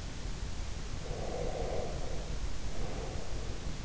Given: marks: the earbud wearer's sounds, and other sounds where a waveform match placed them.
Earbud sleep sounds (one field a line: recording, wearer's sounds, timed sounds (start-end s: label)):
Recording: sounds in sleep by an in-ear microphone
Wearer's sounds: breath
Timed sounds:
0.91-3.83 s: breath